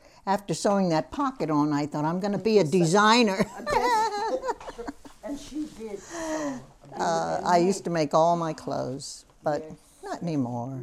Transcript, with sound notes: After sewing that pocket on I thought, "I'm going to be a designer." ( she laughs )
And she did sew.
I used to make all my clothes, but not any more.